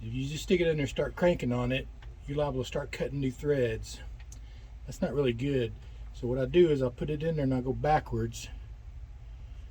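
A man talks while a screw is placed into a hole in the plastic gauge cluster housing of a '78 Scottsdale and turned backwards to find the existing thread, so it won't cut new threads. Nothing has clicked or seated yet, and no distinct hit is heard over the speech.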